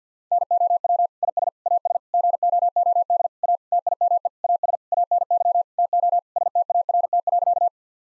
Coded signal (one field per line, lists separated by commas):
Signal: Morse code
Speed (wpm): 45 wpm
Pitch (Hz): 700 Hz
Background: none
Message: NOW IS AS GOOD A TIME AS ANY TO START.